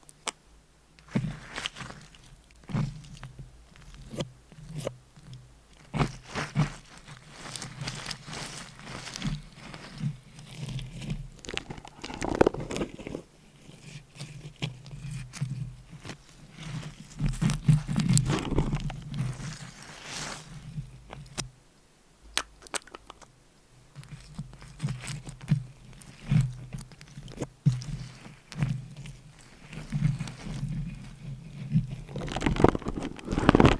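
Scratching and tapping with nails on items, dense irregular crackly strokes and sharp ticks throughout, over a steady low hum that drops out briefly.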